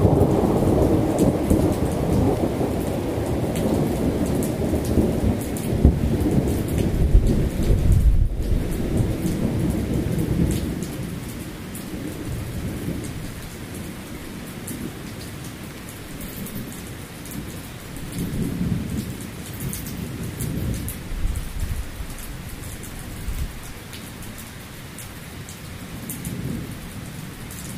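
Rain falls steadily with a dense hiss. For the first ten seconds a heavy, low rumble rolls underneath, broken by a brief dip around eight seconds. After that the downpour settles quieter, with occasional low swells near twenty seconds and at the end.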